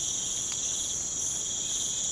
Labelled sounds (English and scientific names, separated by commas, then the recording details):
none
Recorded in pastures near Puerto Asís, Putumayo, Colombia, on 30 June 2025 at 05:00
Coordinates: 0.472, -76.331
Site G095